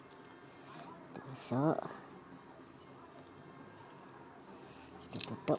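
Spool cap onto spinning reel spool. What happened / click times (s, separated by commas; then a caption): The cap is being handled and has not seated yet / none. A spool cap is being fitted onto the spool of a Seahawk MX800 spinning reel while someone talks. A few faint, sharp ticks of handling are heard at about 0.1 and 1.2 seconds, and there is a louder burst near 5.2 to 5.6 seconds. Nothing has seated or clicked yet.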